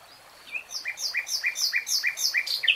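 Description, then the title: Nightingale song: a steady series of about eight loud, evenly spaced repeated notes. Nightingale singing in real time. "[Tiếng chim hót] 3 Hours REALTIME Nightingale Singing"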